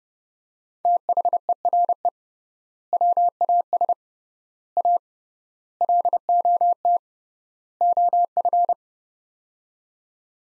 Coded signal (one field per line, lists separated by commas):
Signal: Morse code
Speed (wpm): 31 wpm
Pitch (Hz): 700 Hz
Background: none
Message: THERE WAS A LOT OF